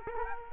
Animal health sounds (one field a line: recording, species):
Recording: mosquito wingbeat signal from an infrared sensor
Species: Culex quinquefasciatus